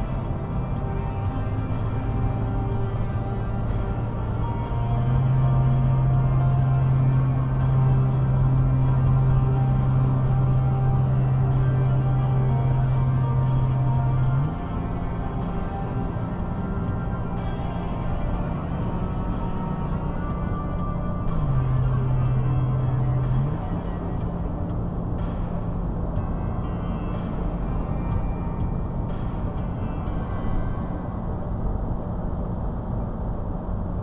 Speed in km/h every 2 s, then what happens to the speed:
97, 98, 97, 98, 97, 95, 93, 95, 95, 97, 95, 95, 95, 95, 97, 97, 98.
0-34 steady at about 97.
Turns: none.